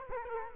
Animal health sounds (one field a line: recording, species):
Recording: mosquito wingbeat signal from an infrared sensor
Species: Culex quinquefasciatus